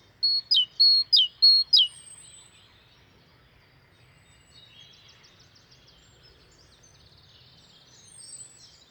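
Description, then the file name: Great tit song: a few quick two-note phrases, a steady high whistle dropping into a lower slurred note, then fainter chirps. "Parus major"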